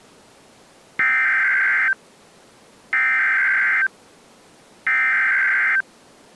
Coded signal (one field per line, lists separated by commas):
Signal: Emergency Alert System (SAME) tones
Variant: header bursts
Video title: (EAS#6) TORNADO WARNING (02/27/2024)